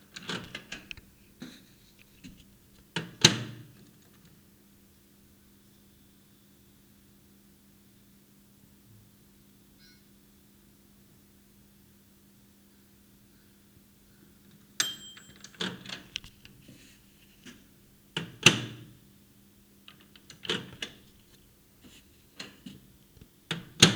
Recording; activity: daily activity, guitar pickup as the sensor; use microwave